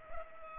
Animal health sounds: mosquito wingbeat signal from an infrared sensor; Culex pipiens

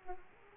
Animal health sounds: mosquito wingbeat signal from an infrared sensor; Aedes aegypti

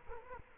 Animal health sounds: mosquito wingbeat signal from an infrared sensor; Culex quinquefasciatus

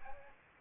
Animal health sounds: mosquito wingbeat signal from an infrared sensor; Aedes aegypti

